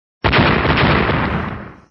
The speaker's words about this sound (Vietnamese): Vài tiếng nổ vang lên